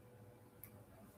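A metal box or snap clasp on a piece of jewelry is pressed closed by hand. Over a faint low background hum, a single short, sharp metallic snap sounds at 0.6 s. The clasp snaps shut and is judged a good, tight clasp.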